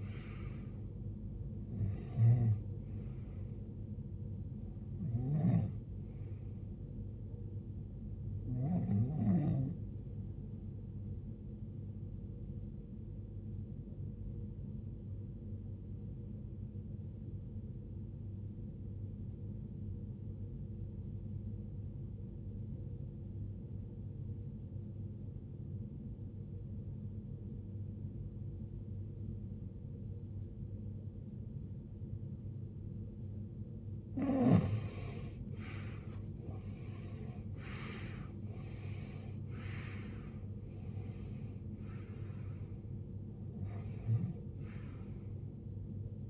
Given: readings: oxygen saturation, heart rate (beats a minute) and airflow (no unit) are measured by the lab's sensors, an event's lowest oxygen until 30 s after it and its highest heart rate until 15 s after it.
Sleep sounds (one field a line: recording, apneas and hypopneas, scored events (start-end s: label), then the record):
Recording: breathing in sleep by a smartphone at the bedside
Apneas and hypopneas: 1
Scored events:
17.00-36.70 s: obstructive apnea (REM, oxygen 95% highest, then 88% lowest, heart rate 73 at the start, 83 highest)
From the record:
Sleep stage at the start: REM sleep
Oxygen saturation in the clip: 82 to 95%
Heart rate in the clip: 50 to 83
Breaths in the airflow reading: 9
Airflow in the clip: -22.1 to 21.9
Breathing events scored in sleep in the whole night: 389 in 6.3 hours asleep